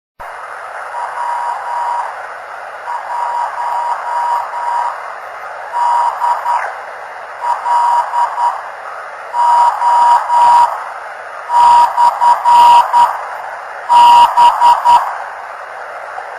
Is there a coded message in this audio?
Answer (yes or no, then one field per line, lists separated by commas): yes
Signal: Morse code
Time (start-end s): 1.0-15.0 s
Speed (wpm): 10 wpm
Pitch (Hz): 960 Hz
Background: none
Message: W1DLO/B